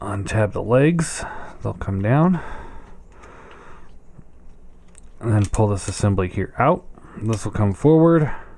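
Someone talks while handling a transforming toy robot, unfolding the legs and pulling a plastic assembly forward toward the robot's body, with soft plastic handling noises between the words. The clip ends before the part goes home, and nothing has seated or clicked into place yet.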